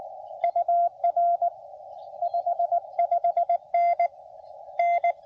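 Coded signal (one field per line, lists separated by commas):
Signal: Morse code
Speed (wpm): 21 wpm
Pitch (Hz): 680 Hz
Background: radio noise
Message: UR 55N N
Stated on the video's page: CW contact during a Parks on the Air activation.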